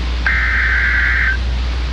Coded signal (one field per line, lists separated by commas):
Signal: Emergency Alert System (SAME) tones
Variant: header bursts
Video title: EAS Scenario - Grey Goo